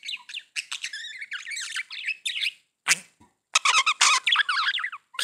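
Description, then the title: Budgerigar chattering with rapid twittering notes and rough squawks, broken by short pauses and a sharp click. "Budgie Sounds"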